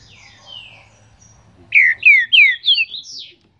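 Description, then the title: Green-winged saltator delivering a soft falling whistle, then four loud clear downward-sliding notes ending in a higher rising whistle. Singing trinca-ferro ('cantador') of breeder Cléber; recording labelled 'Voz 07'. "Canto De Trinca Ferro Voz 07. TRINCA FERRO CANTADOR CRIADOR CLÉBER"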